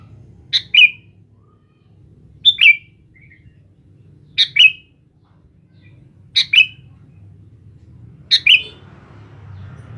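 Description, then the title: Sooty-headed bulbul song: five matching liquid two-part phrases, each given roughly every two seconds over a soft low rumble. "Kutilang"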